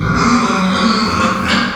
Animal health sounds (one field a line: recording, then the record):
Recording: squeal of a Yucatan mini pig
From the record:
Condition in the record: after surgery on the right vocal fold (resection and tissue-engineered implant)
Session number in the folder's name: 16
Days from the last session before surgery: 183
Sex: female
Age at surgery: 19 weeks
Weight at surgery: 25 kg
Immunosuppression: prednisolone